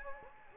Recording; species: mosquito wingbeat signal from an infrared sensor; Anopheles gambiae